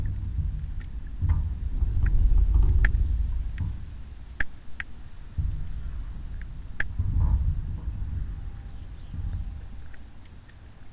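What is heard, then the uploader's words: Aquatic insects tick and click in a wetland beside a motorway, scattered sharp clicks arriving every second or so, with louder ones near three, four and seven seconds. Beneath them, a deep rumble of traffic and wind swells and fades throughout. Aquatic insects sing in the wetland by the Princes Motorway, reeds rub together..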